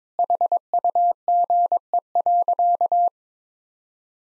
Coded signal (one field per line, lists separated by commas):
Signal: Morse code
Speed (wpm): 21 wpm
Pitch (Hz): 700 Hz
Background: none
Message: HUGE.